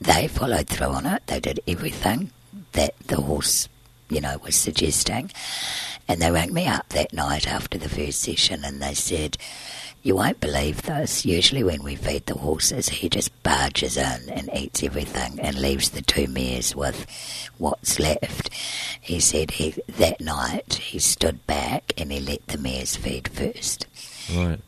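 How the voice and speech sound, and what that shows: Fluent speech from an adult woman in an unusually low, rough, creaky voice: dysphonia from a vocal cord scarred by surgery to remove large laryngeal cysts she was born with. She breathes through a tracheostomy tube because of a narrow airway.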